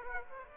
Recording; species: mosquito wingbeat signal from an infrared sensor; Aedes aegypti